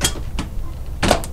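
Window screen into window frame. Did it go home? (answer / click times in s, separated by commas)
yes / 1.0 s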